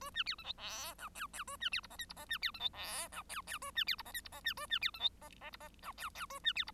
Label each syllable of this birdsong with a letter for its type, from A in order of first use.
A B C D E F G H H A B C I J K I J B C D E F G H H A B C I J K I J B A B C D E J J I J G H H A B C I